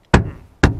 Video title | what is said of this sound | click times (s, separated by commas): Nrg harness install | that one just clicked in but yeah so | 0.1 s, 0.6 s